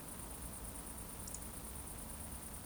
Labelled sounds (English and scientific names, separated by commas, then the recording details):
Eurasian Woodcock (Scolopax rusticola) whistle
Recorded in Baden-Württemberg, Germany, on 25 June 2020 at 20:22 UTC
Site 14569, 102 m above sea level